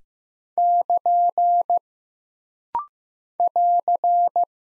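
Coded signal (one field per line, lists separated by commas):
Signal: Morse code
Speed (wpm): 15 wpm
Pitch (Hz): 700 Hz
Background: none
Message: <KN> <AR>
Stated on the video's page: Rapid-fire Morse drill of punctuation and prosign characters at 15 wpm for instant character recognition, each sent, spoken, then sent again.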